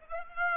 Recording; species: mosquito wingbeat signal from an infrared sensor; Aedes aegypti